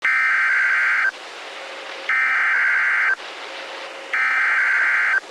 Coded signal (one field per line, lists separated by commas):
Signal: Emergency Alert System (SAME) tones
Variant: header bursts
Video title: Severe Thunderstorm Warning (4/21/26) [EAS #396]